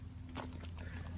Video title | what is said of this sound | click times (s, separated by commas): Awning Tutorial on KZ Sportsman | And push it up until that metal clip locks into place. | 0.4 s